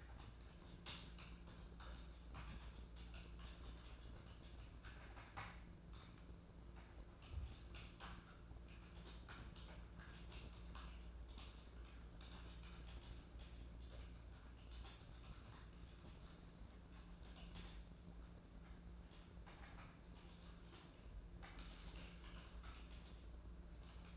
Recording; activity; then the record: daily activity, microphone in the room; typing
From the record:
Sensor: 2